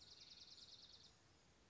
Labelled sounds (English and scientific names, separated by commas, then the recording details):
Dark-eyed Junco (Junco hyemalis)
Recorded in Sonoma County, California